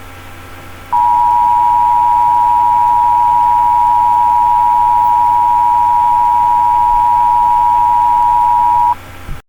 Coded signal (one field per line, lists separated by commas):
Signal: Emergency Alert System (SAME) tones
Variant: 853 and 960 Hz attention tone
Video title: EAS Mock Administrative Message for Porter County (Valpo)